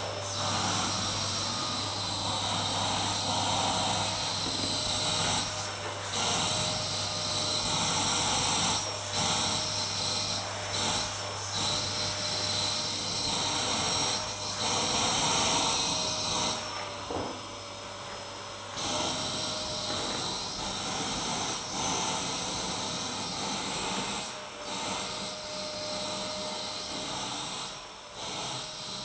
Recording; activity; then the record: daily activity, microphone in the room; vacuum cleaning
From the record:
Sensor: 3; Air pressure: 991.8 hPa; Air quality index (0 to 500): 196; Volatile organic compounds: 1000 ppm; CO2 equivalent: 6627 ppm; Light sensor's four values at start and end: 16/49/19/18 and 32/94/38/32